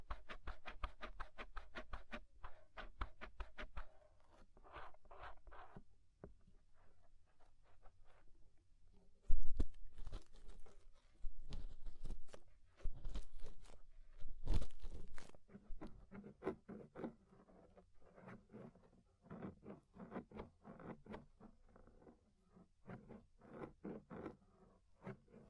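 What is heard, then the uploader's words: Ear scraping, a dense run of short scratchy strokes and crackles, rapid and fairly regular for the first few seconds, then looser. Louder rough rubbing bursts come around 9 and 14 seconds, with a low rumbling undertone beneath much of it. Inner and Outer Ear Scraping (No Talking).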